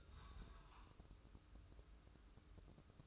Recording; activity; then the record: daily activity, microphone in the room; take from stove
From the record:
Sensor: 2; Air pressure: 995.2 hPa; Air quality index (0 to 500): 78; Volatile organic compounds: 3 ppm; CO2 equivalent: 1376 ppm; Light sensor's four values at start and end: 22/73/29/27 and 22/73/29/27